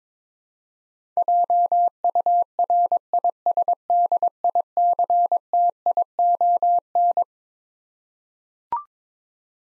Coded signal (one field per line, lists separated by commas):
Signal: Morse code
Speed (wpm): 22 wpm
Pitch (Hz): 700 Hz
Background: none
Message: JURISDICTION